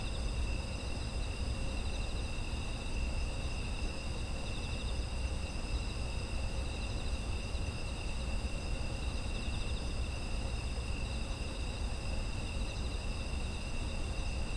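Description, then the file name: Insects sing a continuous layered trill of several high pitches, steady throughout, with low rumbling noise underneath. Autumn insect ambient sound. "秋の虫の環境音"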